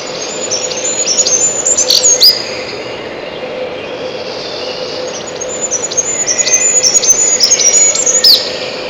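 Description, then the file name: Siberian chiffchaff: two phrases of rapid, thin, high notes, the second longer and busier, over a steady hum. "пеночка печальная"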